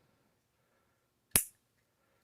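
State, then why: Seated. The serrated, zip-tie-like strap of a bicycle light mount is pushed into its ratchet buckle on the handlebar. A single sharp, bright click sounds at 1.4 seconds against near silence. The strap ratchets in and is seated.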